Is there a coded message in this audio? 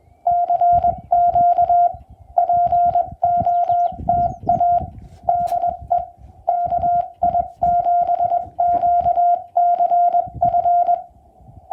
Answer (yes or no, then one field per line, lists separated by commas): yes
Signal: Morse code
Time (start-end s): 0.3-11.0 s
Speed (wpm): 21 wpm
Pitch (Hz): 700 Hz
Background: none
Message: CQ POTA DE KI7QCF